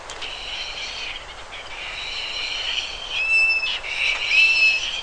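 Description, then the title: Bird song of sustained whistled tones, some held level and some gently wavering, growing louder toward the end above a constant hiss. "LuckyPassaro Completos2Sama"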